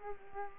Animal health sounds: mosquito wingbeat signal from an infrared sensor; Culex quinquefasciatus

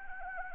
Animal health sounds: mosquito wingbeat signal from an infrared sensor; Anopheles arabiensis

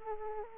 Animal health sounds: mosquito wingbeat signal from an infrared sensor; Aedes aegypti

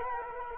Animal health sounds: mosquito wingbeat signal from an infrared sensor; Culex quinquefasciatus

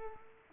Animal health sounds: mosquito wingbeat signal from an infrared sensor; Culex pipiens

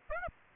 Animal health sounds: mosquito wingbeat signal from an infrared sensor; Aedes aegypti

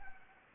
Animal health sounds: mosquito wingbeat signal from an infrared sensor; Anopheles gambiae

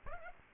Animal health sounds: mosquito wingbeat signal from an infrared sensor; Aedes aegypti

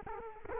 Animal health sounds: mosquito wingbeat signal from an infrared sensor; Culex quinquefasciatus

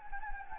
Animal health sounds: mosquito wingbeat signal from an infrared sensor; Anopheles gambiae

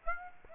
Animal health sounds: mosquito wingbeat signal from an infrared sensor; Aedes aegypti

